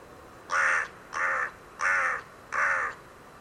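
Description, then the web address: Bird giving four harsh, hoarse caws, each lasting under half a second and spaced evenly about two-thirds of a second apart. "cianscape. Deverinetal. Bird Only"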